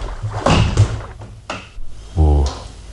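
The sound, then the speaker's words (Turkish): A door is opened with a few knocking thuds and a rattle, then a low creak near the end, amid faint background noise. “Kapıyı size memnuniyetle açıyorum.”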